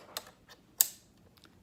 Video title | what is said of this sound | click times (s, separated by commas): Spanish Captioned Version: Setting up your 840i or 880i CapTel | again if properly inserted you should feel it click | 0.8 s